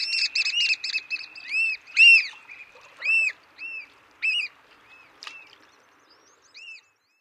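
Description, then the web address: Black oystercatcher calls: a quick burst of sharp whistled notes, then single loud piping notes spaced about a second apart, fading out. "Know Your Bird Sounds Common Western Species. Black Oystercatcher"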